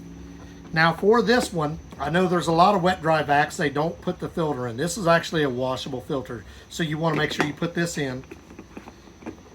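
Someone talks while holding a washable, plastic-framed filter for the motor head of a HAUSHOF 24V Cordless 2.5-Gallon Ultra Quiet Wet/Dry Vacuum Cleaner, and a few faint, brief handling taps come near the end, around 8.6 to 8.9 seconds. The filter has not been pushed into the head and locked yet, so nothing has seated or clicked.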